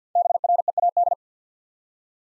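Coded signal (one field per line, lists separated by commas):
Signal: Morse code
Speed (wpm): 51 wpm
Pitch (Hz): 700 Hz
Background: none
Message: BREAD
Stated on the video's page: Morse practice at 50 wpm: easy words, each with a context hint for copying.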